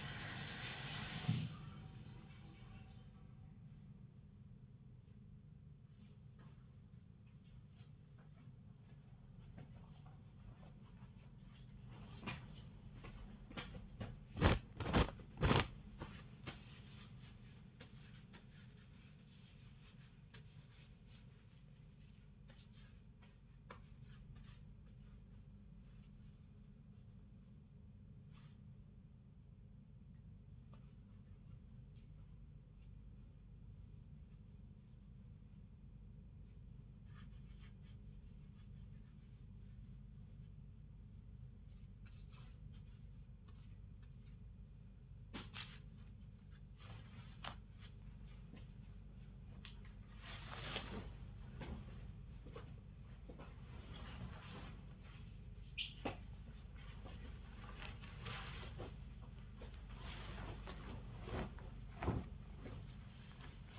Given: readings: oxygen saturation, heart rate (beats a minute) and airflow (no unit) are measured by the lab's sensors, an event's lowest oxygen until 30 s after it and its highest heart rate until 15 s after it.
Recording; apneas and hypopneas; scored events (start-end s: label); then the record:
a person awake in a sleep study, by a smartphone at the bedside; none
0.00-63.79 s: awake
From the record:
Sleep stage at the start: awake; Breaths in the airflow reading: 26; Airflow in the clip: -0.7 to 0.5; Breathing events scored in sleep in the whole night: 270 in 6.1 hours asleep